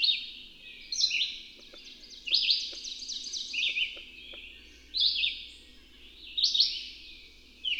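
Bird song: bright high warbled phrases repeated roughly every one to two seconds, with faint clicks and a low hum beneath.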